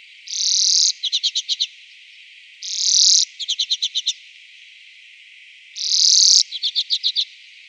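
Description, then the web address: Common Redpoll singing a buzzy wheezing note followed at once by a quick dry rattle, the pairing repeated three times. "Schulze Peter Common Redpoll song"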